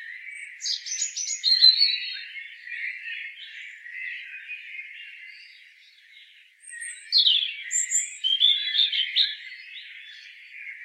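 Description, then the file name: European robin song in two bursts of high thin notes and quick warbled trills, over a steady background chorus. "Erithacus rubecula"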